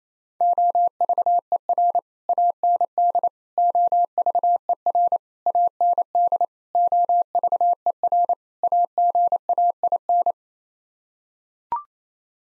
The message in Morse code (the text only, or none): OVER AND OVER AND OVER AGAIN